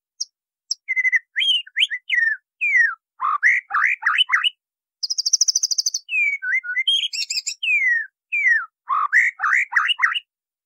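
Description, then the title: White-rumped Shama singing a fast, varied medley of clear whistles, sweeping slurs and quick chirps, broken by a high, rattling trill and brief silent gaps. Masteran (training recording) of a Murai Batu. "MURAI BATU LABAIK"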